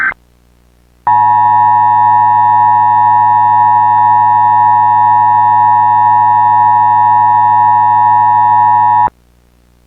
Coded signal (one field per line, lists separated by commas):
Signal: Emergency Alert System (SAME) tones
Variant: 853 and 960 Hz attention tone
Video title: EAS Scenario // Blast Furnace (ft. EASBear2007) //